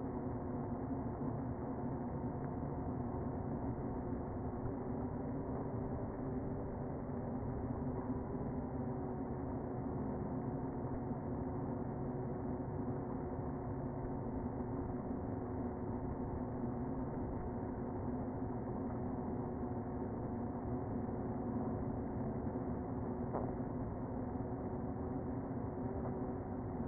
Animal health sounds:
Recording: honeybee colony, microphone inside the hive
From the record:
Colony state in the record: queen present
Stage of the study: before two queens were removed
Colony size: about 60,000 bees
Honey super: yes

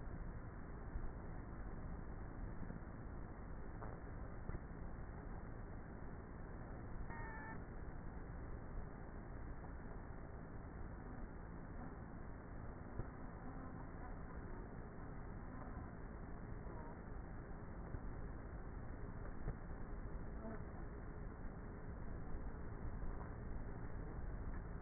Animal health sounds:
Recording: honeybee colony, microphone inside the hive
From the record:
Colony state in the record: queenless with a low population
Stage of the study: before two queens were removed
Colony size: about 30,000 bees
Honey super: no

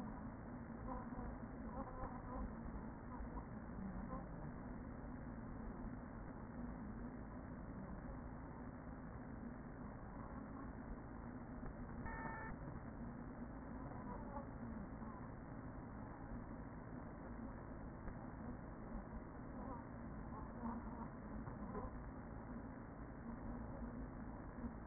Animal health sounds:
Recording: honeybee colony, microphone inside the hive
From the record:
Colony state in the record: queen present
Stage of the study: after two queens were removed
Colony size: about 40,000 bees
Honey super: no

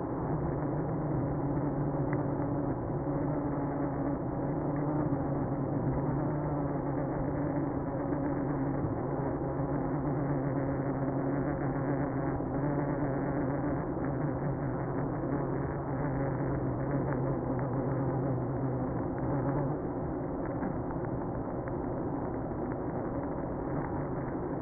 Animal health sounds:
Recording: honeybee colony, microphone inside the hive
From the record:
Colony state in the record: queenless (queen removed)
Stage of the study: after two queens were removed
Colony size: about 60,000 bees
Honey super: yes

